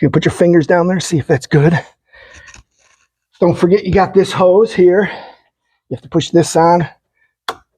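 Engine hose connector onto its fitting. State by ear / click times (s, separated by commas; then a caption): seated / 7.5 s. While reinstalling the starter on a 2011–2018 Ford Explorer, an engine hose quick-connector is pushed onto its fitting by hand as someone talks. After a short pause, it snaps home with one sharp click at 7.5 s, and the connector is seated.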